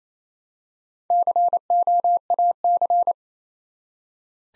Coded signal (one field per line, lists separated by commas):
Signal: Morse code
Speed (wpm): 27 wpm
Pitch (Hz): 700 Hz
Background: none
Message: COAC